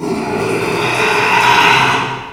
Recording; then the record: squeal of a Yucatan mini pig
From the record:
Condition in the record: after surgery on the right vocal fold (resection and tissue-engineered implant); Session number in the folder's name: 1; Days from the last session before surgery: 6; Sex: male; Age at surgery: 12 weeks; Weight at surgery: 13 kg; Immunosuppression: cyclosporine, prednisolone